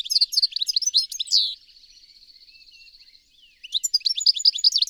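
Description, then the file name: European goldfinch twitter: quick jangling notes, then an even buzzy trill lasting about one and a half seconds, before rapid tinkling twitter resumes. "Carduelis carduelis"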